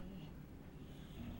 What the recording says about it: My dog snoring on the couch as per usual. It's late at night, so she's nice and tired.